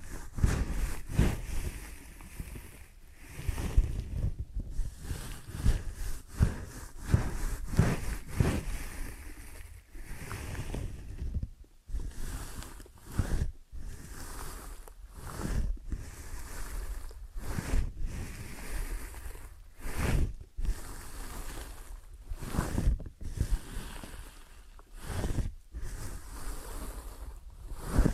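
Ear and scalp massage and cleaning: dense rustling and rubbing sounds fill the recording, changing constantly in bursts with brief quiet gaps every second or two. The scratchy texture is bright and crackly, with soft low thumps underneath, and no other sounds stand out.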